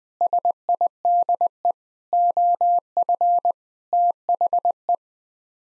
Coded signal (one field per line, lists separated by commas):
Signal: Morse code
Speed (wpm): 20 wpm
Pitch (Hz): 700 Hz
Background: none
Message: SIDE OF THE